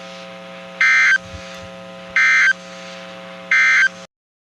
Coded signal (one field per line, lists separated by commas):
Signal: Emergency Alert System (SAME) tones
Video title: Here's more severe weather... (EAS 119-138) 4/20/23